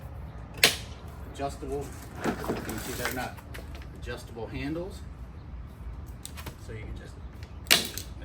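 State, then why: Seated. Plastic handle parts on an Ego 56V battery-powered lawn mower are pushed into position on the frame while someone talks. A sharp snap at 0.6 s is followed by two more at 7.7 s and 8.0 s as the handle clips seat into place on the mower frame.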